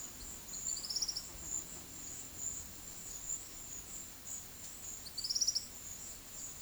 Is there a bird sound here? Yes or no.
yes